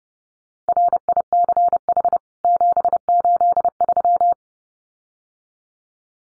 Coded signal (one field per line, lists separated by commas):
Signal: Morse code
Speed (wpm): 30 wpm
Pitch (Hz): 700 Hz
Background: none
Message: RICH 783